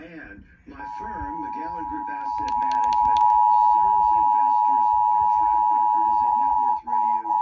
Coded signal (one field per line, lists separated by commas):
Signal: Emergency Alert System (SAME) tones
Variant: 853 and 960 Hz attention tone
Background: speech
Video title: Texas Required Monthly Tests for October 2022 (EAS #226-234)